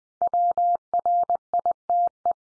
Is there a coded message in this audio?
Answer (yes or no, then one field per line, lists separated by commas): yes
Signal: Morse code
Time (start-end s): 0.2-2.3 s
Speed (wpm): 20 wpm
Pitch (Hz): 700 Hz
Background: none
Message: WRITE